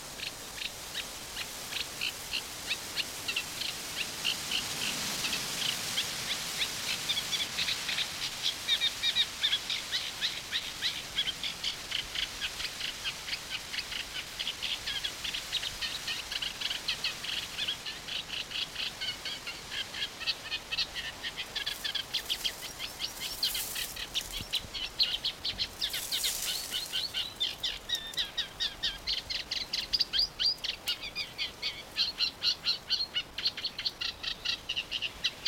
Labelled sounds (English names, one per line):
Eurasian Reed Warbler